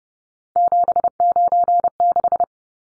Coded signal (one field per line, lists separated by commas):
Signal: Morse code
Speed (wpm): 30 wpm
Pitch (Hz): 700 Hz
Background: none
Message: 796